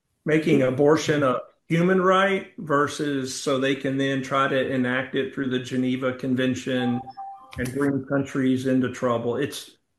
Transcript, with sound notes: Making abortion a human right versus so they can then try to enact it through the Geneva Convention (computer notification sound) and bring countries into trouble.